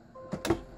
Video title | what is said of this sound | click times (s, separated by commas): Anet ET4 series snap fit filament guide - Free Thingiverse File | snapped in place | 0.5 s